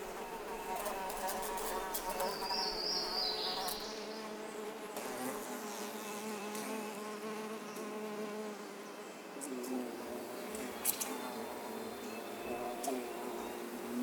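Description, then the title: Bluebottle fly buzzing, a low humming tone with stacked overtones, with faint ticks and clicks above. Bluebottle fly, agile flier and pollinator. "What The Phaune - Tiny Tunes - Bluebottle Fly"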